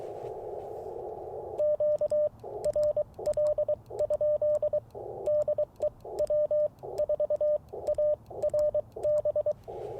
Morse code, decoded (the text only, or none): QRL? DE W4ARB